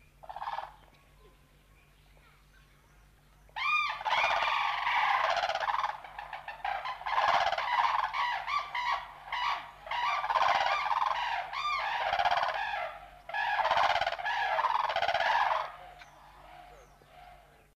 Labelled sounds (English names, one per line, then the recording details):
Blue Crane call
Sarus Crane
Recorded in captivity
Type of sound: call
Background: Grus antigone
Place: Zoo London, GB
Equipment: Halbspur, 9,5 cm/s
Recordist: Lütgens, Hans
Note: Mit Saruskranich. Zoo London, Oktober 1978